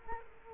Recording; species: mosquito wingbeat signal from an infrared sensor; Culex quinquefasciatus